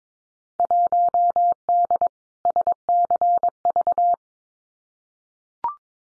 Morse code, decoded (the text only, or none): 1D SCV